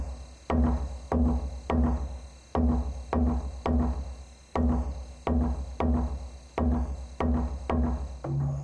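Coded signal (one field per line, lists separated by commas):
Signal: drum signal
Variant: garamut slit drum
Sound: steady series of hollow, resonant wooden drum strokes, about fourteen beats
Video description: Church garamut announces service. (0.56) This drum has the head of a crocodile at one end and a crucifix at the other. It is used instead of, or in addition to, bells to summon people to worship.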